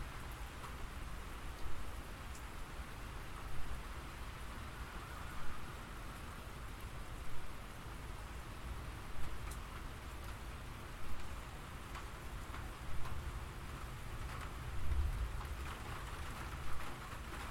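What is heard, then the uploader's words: Gentle rain falls steadily, a dense even patter with a soft low rumble underneath. Brighter tapping sounds, like drops striking tin, pop out every couple of seconds, with a few sharper clicks scattered throughout. Gentle Rain and Tin Sounds.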